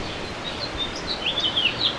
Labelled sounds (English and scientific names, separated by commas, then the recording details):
House Finch (Haemorhous mexicanus) song
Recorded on Long Island, New York, on 2 June 2012
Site CP
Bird E